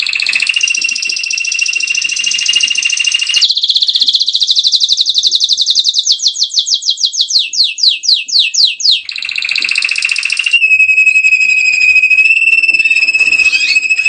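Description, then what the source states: Canary song: long sustained buzzy rolls, then a trill of separate notes stepping down in pitch, then further steady rolled tours, loud and continuous. Female canary.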